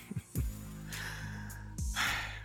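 Two low, rumbling snorts about 1.4 seconds apart rise over a steady background hum. They are a dog's snoring in the background, heard during sleep as rhythmic low-pitched noisy breaths.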